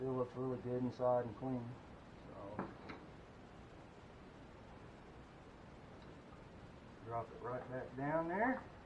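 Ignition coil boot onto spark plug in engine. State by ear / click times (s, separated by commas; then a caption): not seated / none. Someone talks while an ignition coil is dropped back down into the spark plug well of a 2016 Chevy Traverse engine, to be pressed until its boot seats on the spark plug. Brief handling noises come at about 2.6 and 2.9 seconds between stretches of talk. Nothing has seated or clicked yet by the end of the clip.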